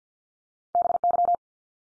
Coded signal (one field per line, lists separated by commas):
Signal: Morse code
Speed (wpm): 50 wpm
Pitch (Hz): 700 Hz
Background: none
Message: BY